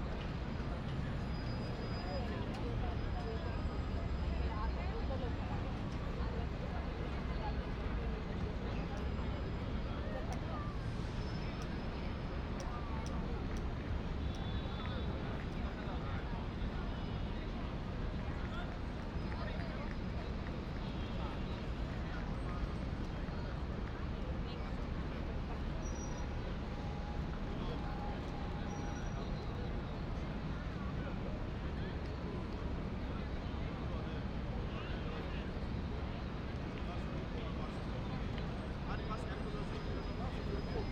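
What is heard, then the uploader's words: A dense, constant wash of crowd noise on a busy city street at night, with many overlapping voices. Low traffic rumble runs underneath throughout, and brief brighter sounds like a whistle or horn cut through now and then. Spatial New York is an ambient podcast recorded in binaural audio that takes you to the streets of New York City. This was recorded during an evening walk in Times Sq.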